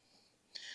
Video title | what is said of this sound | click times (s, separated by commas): WILL IT CUT??? - WESCO 22" Self Propelled Brushless 60 Volt Lithium Battery Powered Lawn Mower | and once you pull them back they'll lock into place like so then you can pull it upright | 0.6 s